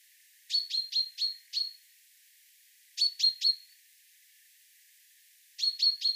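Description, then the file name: Common chaffinch calling with short, bright chinking notes in rapid runs of three to five, three runs separated by pauses of over a second, with no other sounds. "Fringilla coelebs"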